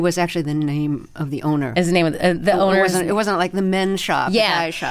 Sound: none

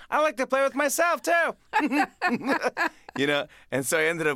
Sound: laughter

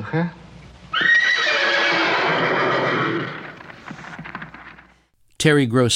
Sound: soundbite of horses neighing

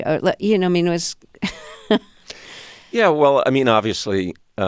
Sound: laughter

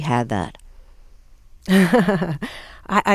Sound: soundbite of laughter

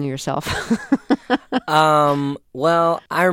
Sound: soundbite of laughter

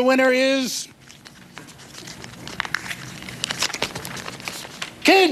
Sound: soundbite of paper shuffling

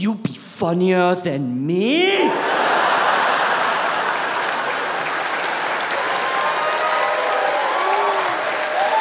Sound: applause

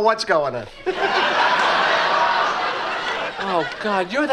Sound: laughter

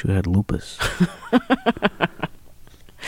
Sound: laughs

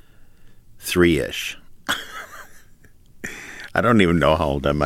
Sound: laughter

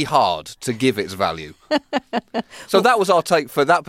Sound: soundbite of laughter

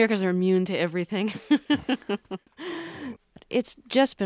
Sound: laughter

